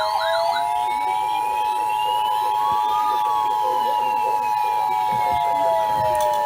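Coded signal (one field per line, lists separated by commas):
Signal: Emergency Alert System (SAME) tones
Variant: 853 and 960 Hz attention tone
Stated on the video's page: SAME tones for Severe Thunderstorm Warnings on NOAA weather radio.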